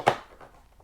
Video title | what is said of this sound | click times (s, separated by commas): Mattel Disney Cars on the Road Color Changers Whale Car Wash (Submarine) Playset Lightning McQueen | that was not a good satisfying click i love like the branch snapping | 0.1 s